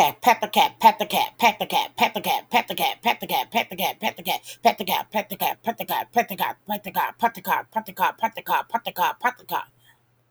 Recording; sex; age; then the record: repeated syllables /pa ta ka/; female; 50 to 59 years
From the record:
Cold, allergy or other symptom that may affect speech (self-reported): no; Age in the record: 55 years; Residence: California, United States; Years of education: 18